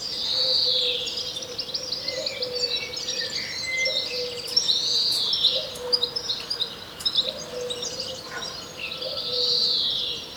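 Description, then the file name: European greenfinch giving long, buzzy, nasal wheezes, one at the start and one at the end, over chirping and twittering of other birds. "Chloris chloris"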